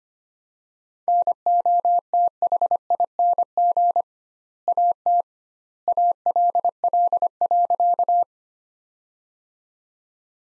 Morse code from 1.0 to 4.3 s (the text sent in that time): NOTHING